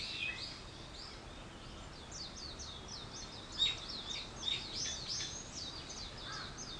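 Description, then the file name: Bird calls, a rapid run of high twittering chirps with a few louder sharp notes and light background hiss. "wild bird"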